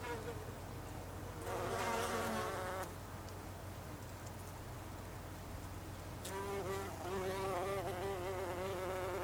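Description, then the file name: Bumblebee buzzing in two bursts, a short wavering drone early on and a longer one in the second half, with a low hum between. Bumblebees recorded on 26 August 2012. "hunangsflugur 2012-08-26"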